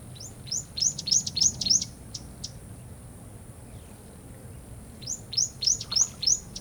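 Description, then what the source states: Bird giving rapid series of thin, falling chirps, a pause, then another run, set against constant high buzzing and a low watery rumble. Bird call by a river by day, in a jungle or rainforest setting.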